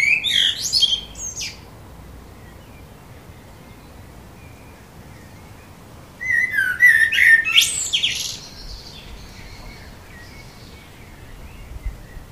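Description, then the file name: Common blackbird song, two phrases several seconds apart, each a low fluted warble followed by high squeaky twittering, with quiet gaps between. "Turdus merula"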